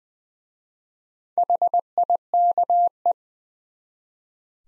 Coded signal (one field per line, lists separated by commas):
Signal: Morse code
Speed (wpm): 20 wpm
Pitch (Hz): 700 Hz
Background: none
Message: HIKE